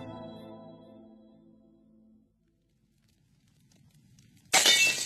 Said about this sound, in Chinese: 又传来一声瓷器打碎的脆响，纳威把他的第二个杯子也摔碎了